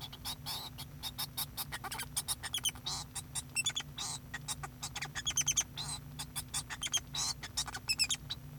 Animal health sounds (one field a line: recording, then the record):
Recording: song of a male Bengalese finch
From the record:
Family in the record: son of father 2